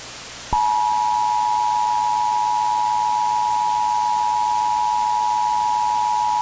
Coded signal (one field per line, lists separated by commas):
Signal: Emergency Alert System (SAME) tones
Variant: 853 and 960 Hz attention tone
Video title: EAS Scenario: Harvey part 2